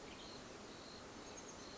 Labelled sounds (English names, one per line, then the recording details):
Oak Titmouse
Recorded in Sonoma County, California